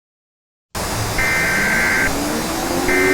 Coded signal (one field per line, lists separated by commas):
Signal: Emergency Alert System (SAME) tones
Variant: header bursts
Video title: EAS Scenario #86: Attack of The Entities: Eternal Torture